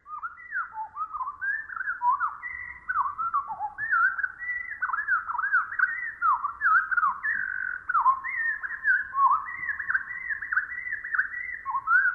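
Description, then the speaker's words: Pacific Wren song slowed down, a long continuous sequence of whistled notes sweeping up and down. Song slowed to quarter speed; Pacific wrens may hear other Pacific wrens' songs this way, enabling them to imitate each other. "listen again, but this time with the song slowed down to 1/4 speed."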